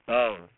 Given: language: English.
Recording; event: throat vibration sensor signal played as sound; speech